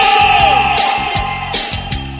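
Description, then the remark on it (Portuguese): A loud crowd of Paysandu football fans shouts and roars together, a dense wall of voices with rhythmic swells rising roughly every half second, like chanting. “quem é do Paixandu, dá um grito!”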